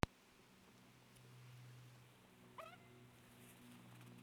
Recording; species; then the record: mosquito flight sound by mobile phone; Aedes sierrensis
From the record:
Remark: free flight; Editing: field recording with all noises